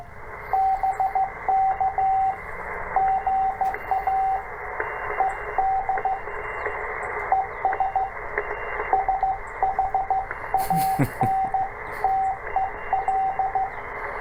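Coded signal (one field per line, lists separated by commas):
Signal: Morse code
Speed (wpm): 15 wpm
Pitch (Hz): 770 Hz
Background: radio noise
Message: BK GA ED ES SHANTEL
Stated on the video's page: CW copy practice with paper and pencil.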